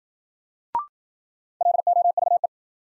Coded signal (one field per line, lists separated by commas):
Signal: Morse code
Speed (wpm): 53 wpm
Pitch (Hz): 700 Hz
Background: none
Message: LOVE